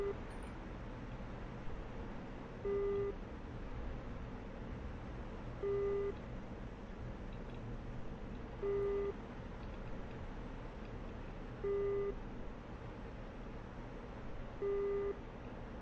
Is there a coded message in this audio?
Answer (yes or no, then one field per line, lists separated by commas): no